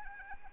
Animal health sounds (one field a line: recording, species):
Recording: mosquito wingbeat signal from an infrared sensor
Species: Anopheles arabiensis